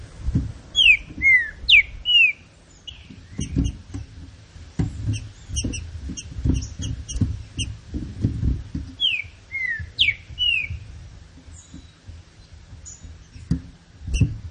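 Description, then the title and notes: Green-winged saltator song: two phrases of loud, slurred descending whistles, separated by a stretch of busy high chirps over low rumbling. Classic song style, used for training. "Canto Clássico Trinca Ferro TREINAMENTO. trinca fero"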